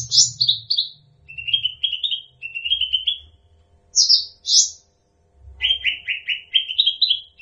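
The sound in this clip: Bird song: buzzy high notes dropping into runs of short rising chirps, phrases separated by brief pauses, with a faint low hum beneath.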